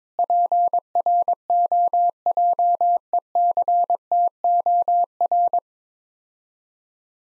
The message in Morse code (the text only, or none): PROJECTOR